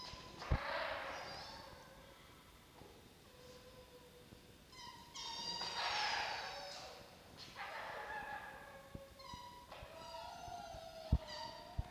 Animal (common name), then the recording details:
Red Fox. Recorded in captivity. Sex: diverse. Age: juvenile. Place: Zoologisches Institut der HUB, Berlin, DE. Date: 1953-09-04 10:50. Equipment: Elmetra. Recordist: Tembrock, Günter